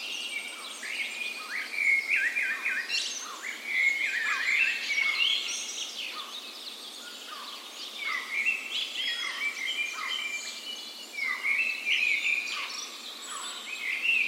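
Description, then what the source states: Birds (dawn chorus): birds singing at dawn, repeated short downward-sweeping phrases mixed with bright whistled notes and chatter from several singers. Dawn chorus in a park west in Bergen, Norway, on the morning of 17 May, Norway's National Day, in full spring; Sony PCM A10 recorder with LOM micro Usi microphones as "tree ears".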